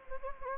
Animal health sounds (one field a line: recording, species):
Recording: mosquito wingbeat signal from an infrared sensor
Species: Anopheles gambiae